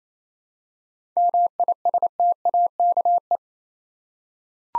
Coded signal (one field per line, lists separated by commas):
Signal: Morse code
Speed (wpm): 27 wpm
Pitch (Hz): 700 Hz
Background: none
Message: MISTAKE